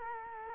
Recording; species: mosquito wingbeat signal from an infrared sensor; Culex quinquefasciatus